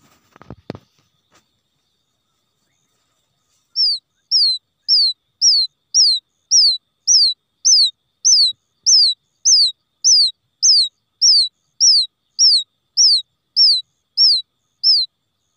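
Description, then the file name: Quail chick peeping: a brief noise at the start, then after a pause high, downward-sliding notes repeated steadily almost twice a second. Quail chick calling for its mother after becoming lost from the flock. "tieng cut non keu goi me lac dan chuan"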